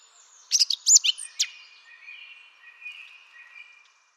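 Eurasian blackcap song, a short burst of loud, high, scratchy notes, then a soft, thin trailing warble that fades out.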